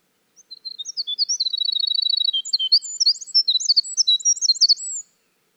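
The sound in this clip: Winter wren song: high jumbled notes open into a fast, even trill, then run on into a long cascade of bright chirps and warbles.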